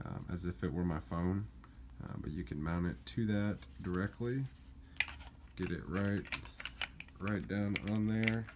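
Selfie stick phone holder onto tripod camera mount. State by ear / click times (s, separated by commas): not seated / none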